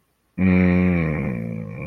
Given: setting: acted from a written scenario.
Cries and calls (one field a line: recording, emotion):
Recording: vocal sound without words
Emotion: serenity